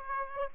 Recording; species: mosquito wingbeat signal from an infrared sensor; Aedes aegypti